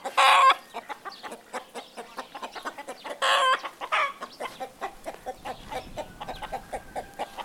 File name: Galinha Cacarejando